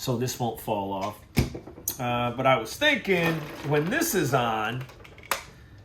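Someone talks while fitting a fish-finder transducer mount onto the lip of a jon boat, then closes its plastic clip. The clip gives one sharp little click at 5.3 s, and the mount is seated, though there is worry that the small clip may not keep it from falling off.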